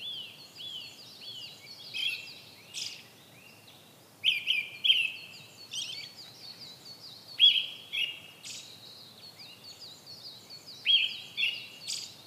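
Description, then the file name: Brown-headed thrush song of repeated short whistled phrases, two or three notes each, amid a dense chorus of high-pitched bird chirps. "akahara"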